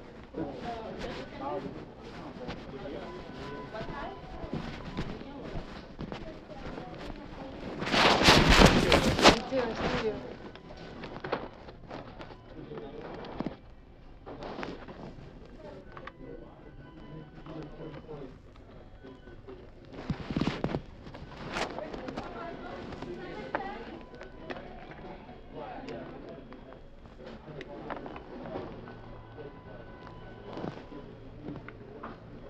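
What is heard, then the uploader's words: Inside a NYC McDonald's, steady overlapping chatter continues throughout, broken by a loud bright clatter around eight seconds and another near twenty. NYC sounds: McDonald's.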